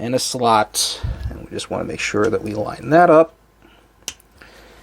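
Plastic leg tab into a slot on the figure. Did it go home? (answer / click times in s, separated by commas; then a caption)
yes / 4.1 s. Someone talks while swinging the legs of a Transformers Studio Series Concept Art Megatron figure up and lining a plastic leg tab up with its slot on the figure. After a short quiet pause, a single sharp click at 4.1 s signals the tab snapping into place, seated.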